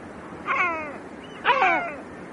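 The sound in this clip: Great black-backed gull giving two hoarse, mewing calls with falling harmonic bands, about a second apart, over faint background hiss.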